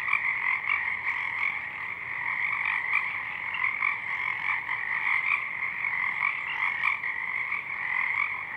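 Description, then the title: Pacific chorus frogs croaking en masse, a busy continuous chorus of crisp overlapping ribbits. Many frogs calling at dusk, out in full bloom; downmixed to stereo from a double mid-side recording. "Pacific Chorus Frogs (Pseudacris regilla), dusk"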